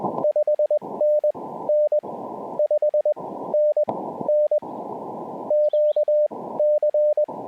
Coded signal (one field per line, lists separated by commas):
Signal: Morse code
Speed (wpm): 19 wpm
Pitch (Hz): 590 Hz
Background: radio noise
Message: 5NN 5NN QC